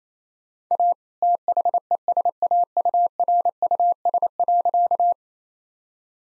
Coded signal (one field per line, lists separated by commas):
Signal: Morse code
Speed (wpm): 27 wpm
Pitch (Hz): 700 Hz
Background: none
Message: A THESAURUS.